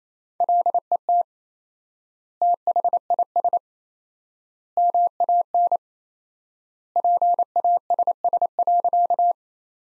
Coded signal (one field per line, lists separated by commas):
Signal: Morse code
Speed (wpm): 28 wpm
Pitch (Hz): 700 Hz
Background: none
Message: LET THIS MAN PASS.